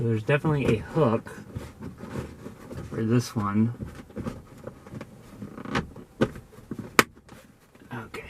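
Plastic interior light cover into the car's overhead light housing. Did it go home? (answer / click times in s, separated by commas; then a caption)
yes / 7.0 s. Someone talks while the plastic lens cover of a Toyota RAV4's interior dome light is hooked on one side and pushed up into the overhead headliner housing, with a few small plastic taps and knocks. At 7.0 seconds a sharp, loud click rings out as the cover snaps into place and is seated.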